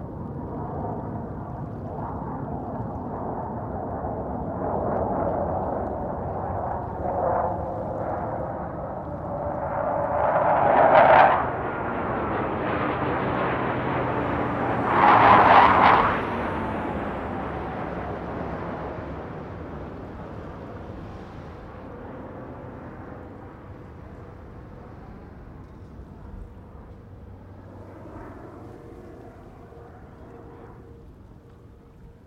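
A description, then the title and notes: Jet aircraft roar past in succession, the sound building from a distant rumble to loud, bright peaks around 11 and 15 seconds. Sweeping tones rise and fall as each jet passes, then the noise fades into a long, diminishing rumble. Blue Angels F/A-18 Hornet Passby - two in succession. Back-and-forth all afternoon. Recorder: SD702 mid-side configuration mid: MKH8060 side: MKH30.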